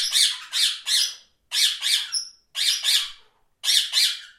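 Parrot giving harsh, raspy squawks in short groups of two or three separated by brief pauses, with a faint thin whistle among them.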